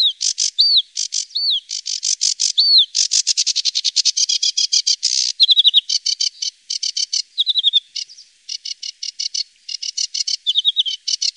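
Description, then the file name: Sedge warbler singing a long varied stream of dry chattering notes, fast buzzy trills and occasional slurred whistles. "Savsangare"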